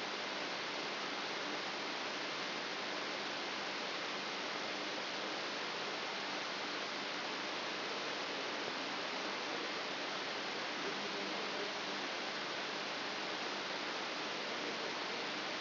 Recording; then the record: brain microelectrode recording played as sound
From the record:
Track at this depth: inside the subthalamic nucleus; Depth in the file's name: 4.701 mm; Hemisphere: left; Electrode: 3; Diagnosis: Parkinson's disease